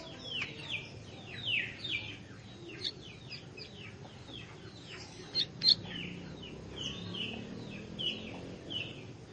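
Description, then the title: Plain prinia song, a busy stream of sharp, high, downslurred chirps tumbling quickly, with soft background hiss. "Ciblek Sawah"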